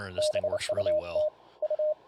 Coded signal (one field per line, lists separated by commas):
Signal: Morse code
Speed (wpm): 28 wpm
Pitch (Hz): 610 Hz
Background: speech, radio noise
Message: BUT U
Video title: Using Voice Keying and CW Macros via the SDC Client and TCI Interface